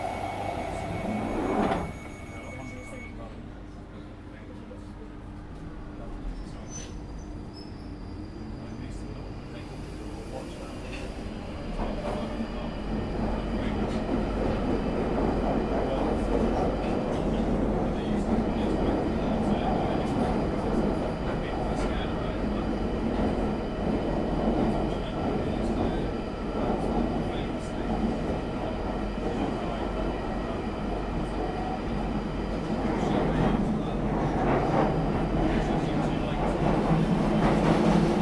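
A train rumbles steadily, its low, dense rolling sound building gradually over the clip and growing louder toward the end. Thin high tones sound early on, and a brief sharper sound comes at about two seconds. Faint voices seem to sit in the background.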